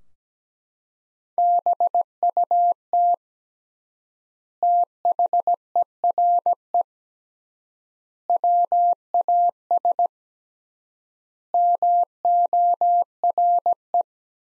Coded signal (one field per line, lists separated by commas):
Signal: Morse code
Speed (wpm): 17 wpm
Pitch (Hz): 700 Hz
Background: none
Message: BUT THERE WAS MORE